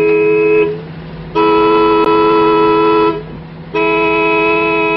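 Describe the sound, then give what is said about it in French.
A car horn blares in three long honks, the first about half a second, the second nearly two seconds, the last over a second, each a loud steady tone with a low engine rumble underneath. “Alors, klaxonnez normalement, on va bien voir.”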